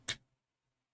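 A 4x1 plastic brick is positioned and pressed onto a brick build, giving a single sharp, bright click at 0.1 s that fades within about a quarter second, followed by near silence. The brick seats firmly in place.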